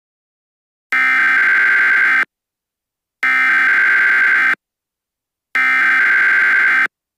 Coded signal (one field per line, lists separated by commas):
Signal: Emergency Alert System (SAME) tones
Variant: header bursts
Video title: EAS Scenario #5: The Fog Is Coming... [Remastered]